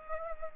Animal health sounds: mosquito wingbeat signal from an infrared sensor; Culex pipiens

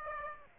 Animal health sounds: mosquito wingbeat signal from an infrared sensor; Aedes aegypti

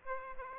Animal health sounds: mosquito wingbeat signal from an infrared sensor; Aedes aegypti

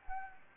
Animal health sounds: mosquito wingbeat signal from an infrared sensor; Anopheles gambiae

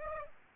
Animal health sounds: mosquito wingbeat signal from an infrared sensor; Aedes aegypti

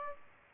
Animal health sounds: mosquito wingbeat signal from an infrared sensor; Aedes aegypti

